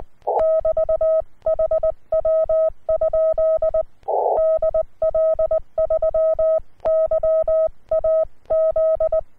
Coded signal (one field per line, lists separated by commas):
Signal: Morse code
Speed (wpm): 13 wpm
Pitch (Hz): 640 Hz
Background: none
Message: <BT>HW? DL3YAZ